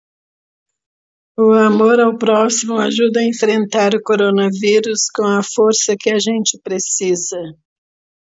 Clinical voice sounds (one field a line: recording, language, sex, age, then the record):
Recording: spoken sentence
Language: Brazilian Portuguese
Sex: female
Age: 30 to 39 years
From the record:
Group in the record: control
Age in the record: 34 years